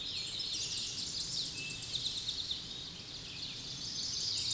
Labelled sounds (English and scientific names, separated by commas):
Eastern Towhee (Pipilo erythrophthalmus) song